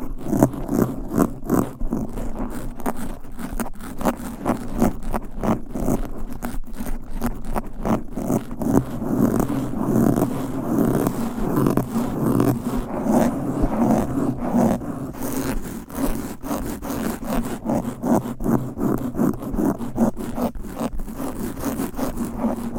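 Fast, aggressive scratching on a microphone, a dense run of rough rasping strokes that repeat rapidly for the whole stretch with little letup. The sound is heavy in the low and middle range, with sharp clicks and scrapes cutting across it, resembling a zipper being yanked.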